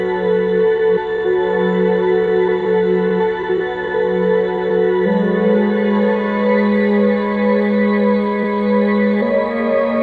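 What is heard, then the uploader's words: A synthesised soundscape of steady, layered tones holding a low drone, with pitches shifting in small steps around five and nine seconds. A synthesised soundscape.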